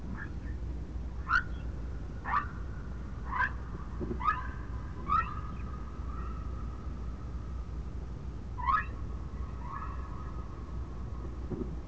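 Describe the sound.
Whale chirps, short and bright, several about once a second, then a pause and two more, dropping in pitch, over a steady tone and low rumble.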